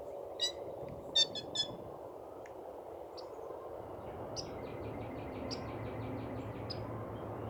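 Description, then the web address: Squirrel squeaks, a few sharp clicky chirps first, then a fast run of thin high pulses forming a stuttering trill, over steady background hiss. "jak mowia wiewiorki smieszne odglosy wiewiorek piski wiewiorek"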